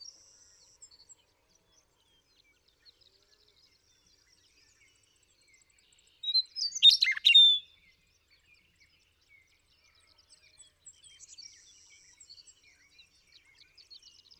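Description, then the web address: Western meadowlark sings a single strong, warbled, flute-like phrase midway through, framed by quiet stretches with faint, high twittering. "birdsongforthecurious Western Meadowlark"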